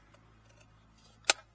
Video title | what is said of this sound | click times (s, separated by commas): CLEC Wireless Car Charger for Toyota Rav4 Prime Installation and adding extra USB Port. 😀🚙👍 | and it snaps into place. Pretty easy, really. | 1.3 s